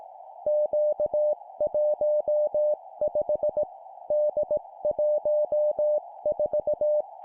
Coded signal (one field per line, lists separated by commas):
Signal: Morse code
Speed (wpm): 18 wpm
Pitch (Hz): 600 Hz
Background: none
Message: Q15 D14